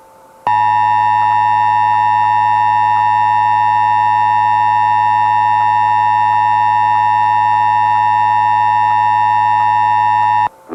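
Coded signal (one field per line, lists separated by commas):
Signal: Emergency Alert System (SAME) tones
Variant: 853 and 960 Hz attention tone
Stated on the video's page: Fictional mock alert for a fictional state, shown on a Cable Envoy CEMS-1000 screen.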